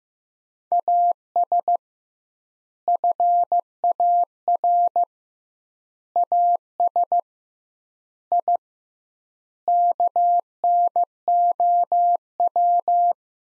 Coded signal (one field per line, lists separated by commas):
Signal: Morse code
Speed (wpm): 15 wpm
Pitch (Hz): 700 Hz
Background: none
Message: AS FAR AS I KNOW